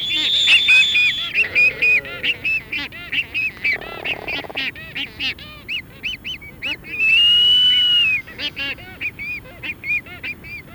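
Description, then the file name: Black-footed albatross calls: many short honking notes in quick succession, broken by a buzzy burst and a long, steady whistled tone. "Black footed Albatross Phoebastria nigripes"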